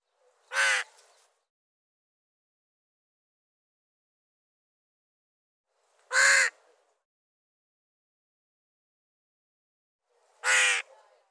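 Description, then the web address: A bird gives three harsh, hoarse caws, each about half a second long and spaced several seconds apart, with silence between them. "cianscape birddata Deverinetal 2025"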